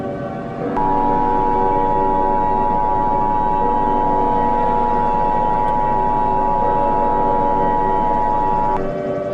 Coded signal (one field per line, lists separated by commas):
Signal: Emergency Alert System (SAME) tones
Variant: 853 and 960 Hz attention tone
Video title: EAS Scenario #8 - AMERICAN PSYCHO (4th of July Special)